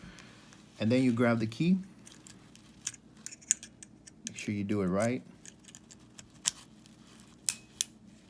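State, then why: Seated. Someone talks while handling a 2018 Mercedes S560 remote key fob, with small scattered ticks and clicks in between. The plastic battery cover or cartridge is pushed back into the remote key and snaps into place with two sharp little pops at 7.5 s and 7.8 s, seating it.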